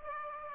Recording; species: mosquito wingbeat signal from an infrared sensor; Aedes aegypti